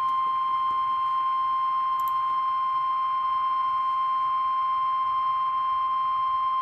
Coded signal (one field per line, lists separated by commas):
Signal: Emergency Alert System (SAME) tones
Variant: 1050 Hz attention tone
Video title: Weather Radio EAS #73 (Flash Flood Warning) Flash Flood Emergency for Philadelphia!!!!